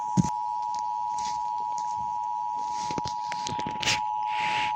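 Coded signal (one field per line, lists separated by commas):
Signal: Emergency Alert System (SAME) tones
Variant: 853 and 960 Hz attention tone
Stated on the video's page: Real New Hampshire monthly test on NOAA Weather Radio and an FM station.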